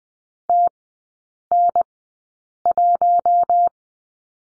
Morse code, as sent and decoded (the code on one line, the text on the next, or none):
- -. .----
TN1